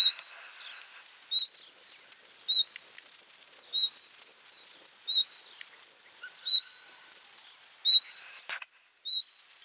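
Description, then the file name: Common nightingale calling with a steady series of short, high whistled notes, repeated roughly every one to one and a half seconds, with faint chirping in the background. "Luscinia megarhynchos"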